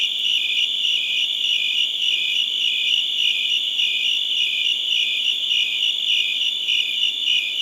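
Crickets in chorus, high quick chirps over a constant pulsing buzz, with nothing else heard.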